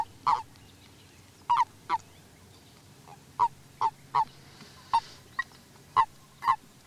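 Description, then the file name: Common toad calls: brief, throaty croaks, single and in pairs, at irregular intervals. "varangy"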